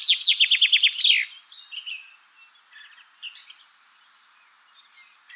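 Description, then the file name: Common chaffinch song: the close of a rapid descending trill with its end flourish, then faint chirps and short whistles from other birds. "Fringilla coelebs"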